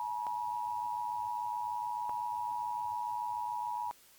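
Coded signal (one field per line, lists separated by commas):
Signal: Emergency Alert System (SAME) tones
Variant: 853 and 960 Hz attention tone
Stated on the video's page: Fictional scenario short film using valid tones and text-to-speech voices.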